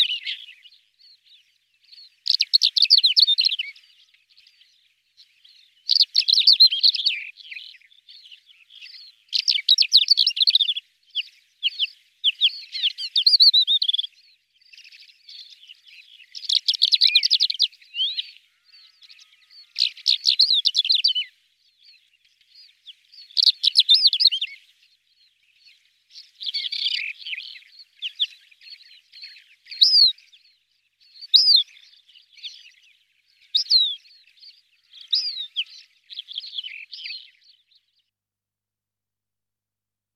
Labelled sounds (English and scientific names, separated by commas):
Greater Short-toed Lark (Calandrella brachydactyla) song